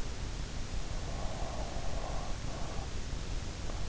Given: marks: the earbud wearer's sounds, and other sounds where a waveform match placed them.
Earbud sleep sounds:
sounds in sleep by an in-ear microphone; breath
1.14-3.25 s: breath

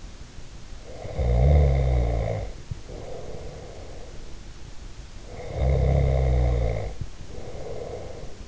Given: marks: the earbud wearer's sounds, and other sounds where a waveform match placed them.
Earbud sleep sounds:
sounds in sleep by an in-ear microphone; snoring breath
0.80-4.32 s: snoring breath
5.28-8.48 s: snoring breath

